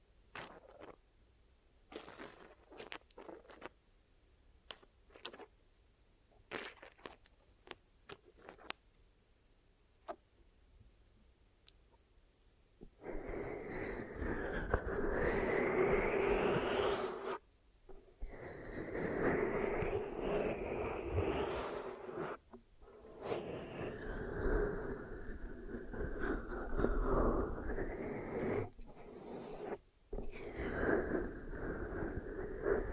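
Ear massage and cleaning sounds: for the first thirteen seconds, sparse light clicks and small scratchy taps over near silence. Then dense, loud rubbing with a muffled low rumble takes over, pausing briefly around 18, 23 and 30 seconds.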